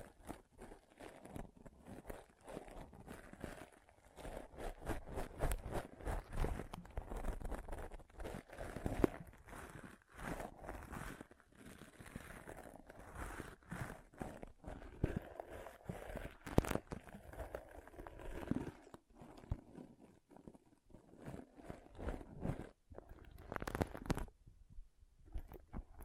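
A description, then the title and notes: Pom pom tingles: dense, crackly rustling and soft crunching that comes in quick, irregular bursts with little letup. The texture runs from low thumps to bright crackle, with brief quieter gaps near 19 and 25 seconds before the scratching resumes. ASMR Ultimate Pom Pom Tingles (No Talking).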